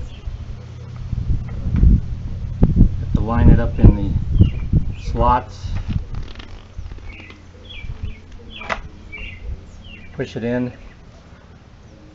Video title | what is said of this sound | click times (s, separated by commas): ASSEMBLING A SNOW JOE ALUMINUM EXTENSION ON A GENERAC 65950 HIGH PRESSURE WASHER | see you can maybe you can see it turning now it's locked into place | 8.7 s